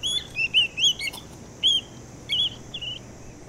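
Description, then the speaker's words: American Golden-Plover calls: clear slurred whistles, several rising and falling notes in short bursts. Migratory bird that visits short-grass grasslands with few trees, flooded now and then, near Laguna de Castillos on Uruguay's east coast, where it finds food. "Este es un lugar preferido por aves migratorias como el chorlito dorado americano, quienes visitan sus pastizales."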